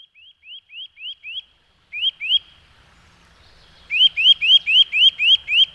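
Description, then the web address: Eurasian nuthatch: a softer run of rising whistles, then a few louder ones, then a pause, then a louder series of several upslurred whistled notes. "agykontroll Madardalok Cd 1. Csuszka"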